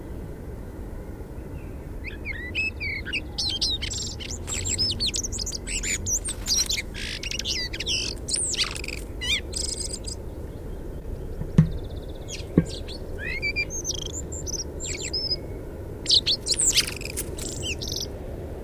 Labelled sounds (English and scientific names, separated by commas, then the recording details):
Common Blackbird (Turdus merula) song
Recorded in the wild
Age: adult
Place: Erlangen, Bayern, DE
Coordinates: 49.6028, 10.9819
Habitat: edge of the woods
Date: 1965
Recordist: Tretzel, Erwin